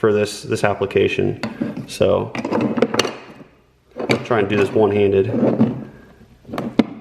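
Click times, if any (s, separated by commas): 6.8 s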